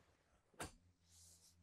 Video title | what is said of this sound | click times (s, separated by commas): 2024 Dutch Star Operational Overview. | now we're locked into place uh ready to drive | 0.6 s